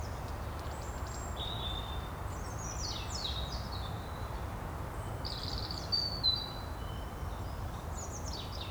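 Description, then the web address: Birds chirping and whistling, quick high notes in loose clusters and a few longer whistles, over a low steady rumble. Recorded in the morning. "Keller Seth Morning Birds"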